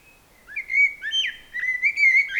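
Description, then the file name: Common blackbird giving flowing fluty whistles that slur up and down. "Turdus merula"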